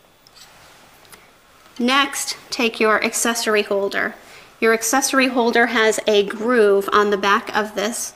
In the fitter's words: go ahead and line those up push down until it clicks into place